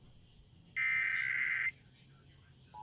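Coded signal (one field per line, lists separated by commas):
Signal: Emergency Alert System (SAME) tones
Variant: header bursts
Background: speech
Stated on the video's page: Alert received on a First Alert weather radio, which alarms for these alerts but gives no alarm tone.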